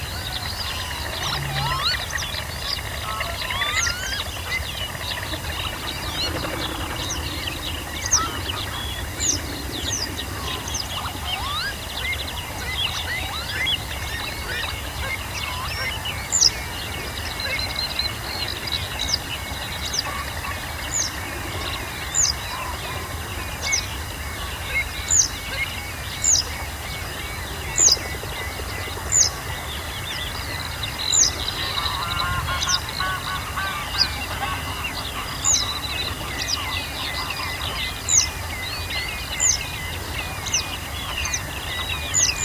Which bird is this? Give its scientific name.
Motacilla flava